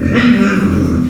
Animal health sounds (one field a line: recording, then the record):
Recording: squeal of a Yucatan mini pig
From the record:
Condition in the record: after surgery on the right vocal fold (resection and tissue-engineered implant)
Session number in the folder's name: 9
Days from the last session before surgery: 65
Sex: female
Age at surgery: 19 weeks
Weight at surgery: 25 kg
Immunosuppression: prednisolone